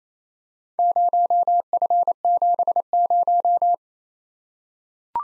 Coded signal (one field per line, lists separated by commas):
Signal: Morse code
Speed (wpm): 29 wpm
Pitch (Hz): 700 Hz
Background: none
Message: 0F70